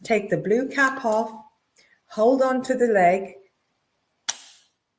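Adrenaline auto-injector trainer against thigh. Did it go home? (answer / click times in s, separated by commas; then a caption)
yes / 4.3 s. Someone talks, then a trainer adrenaline auto-injector, with its blue cap removed, has its orange end pushed against the thigh until it fires. A single sharp click is heard at 4.3 s and fades out quickly. The trainer fires as intended.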